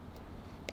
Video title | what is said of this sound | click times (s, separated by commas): Smart Home Gifts to Help Dad Keep an Eye on the Home | and push it till you hear it click let's put this back on | 0.7 s